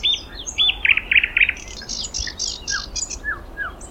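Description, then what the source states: Thrush nightingale song: a few high whistles, then three loud repeated chopped notes, buzzy rattling phrases and soft down-slurred whistles, delivered rapidly. Song recorded in May 2026.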